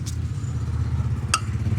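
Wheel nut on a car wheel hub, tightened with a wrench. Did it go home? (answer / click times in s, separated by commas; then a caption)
yes / 1.3 s. A wheel nut on a car wheel hub is tightened with a wrench over a steady low rumble. A single sharp "tak" click rings out at 1.3 s, signaling that the nut has reached torque and tightening should stop.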